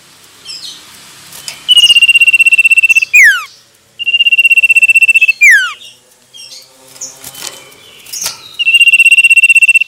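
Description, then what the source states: Common iora: fast even trills on one note, three in all, the first two finished by a swooping downward whistle, with faint chirps in the gaps. Male.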